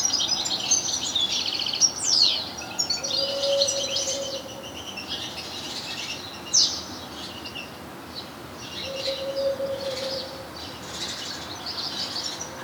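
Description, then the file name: European goldfinch twittering, bright tinkling high notes in loose bursts throughout, with a low steady droning tone sounding twice in the background. "Carduelis carduelis"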